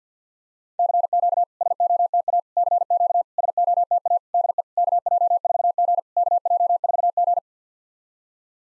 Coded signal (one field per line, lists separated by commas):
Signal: Morse code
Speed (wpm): 50 wpm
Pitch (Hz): 700 Hz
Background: none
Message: CQ SOTA CQ SOTA DE KJ4G KJ4G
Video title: SOTA QSO Practice 50wpm